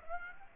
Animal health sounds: mosquito wingbeat signal from an infrared sensor; Aedes aegypti

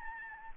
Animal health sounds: mosquito wingbeat signal from an infrared sensor; Aedes albopictus

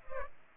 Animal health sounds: mosquito wingbeat signal from an infrared sensor; Culex pipiens

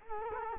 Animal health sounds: mosquito wingbeat signal from an infrared sensor; Culex quinquefasciatus

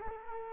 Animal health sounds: mosquito wingbeat signal from an infrared sensor; Culex quinquefasciatus

